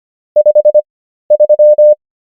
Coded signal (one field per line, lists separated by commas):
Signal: Morse code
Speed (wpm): 25 wpm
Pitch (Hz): 600 Hz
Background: none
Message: 53